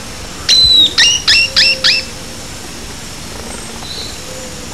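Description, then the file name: Bird calls: five clear, loud whistled notes in quick succession, each dropping then levelling, followed by faint sounds and low background hum. "SABIOD bird"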